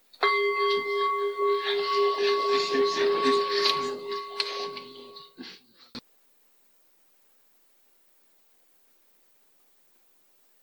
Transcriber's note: bell rings